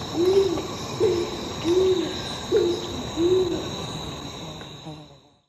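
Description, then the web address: Scaled pigeon cooing: five soft, low arched notes at fairly even intervals, over a steady high background hiss. Ecuador. "Birds of Ecuador. Scaled Pigeon"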